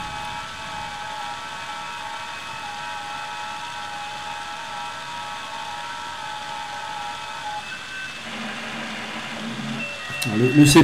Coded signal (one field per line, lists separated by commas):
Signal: FT8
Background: speech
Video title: OpenWebRX Plus avec Raspberry PI4 et RSP1A (SDRPLAY)